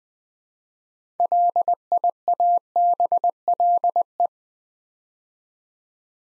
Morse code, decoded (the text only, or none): LIABLE